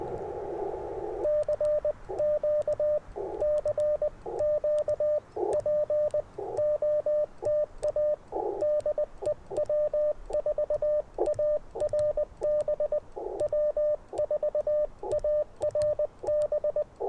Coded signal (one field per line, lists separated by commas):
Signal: Morse code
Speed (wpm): 20 wpm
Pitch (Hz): 600 Hz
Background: radio noise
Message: CQ CQ POTA DE W4ARB W4ARB